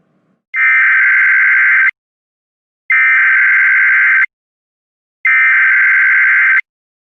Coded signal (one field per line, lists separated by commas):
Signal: Emergency Alert System (SAME) tones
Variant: header bursts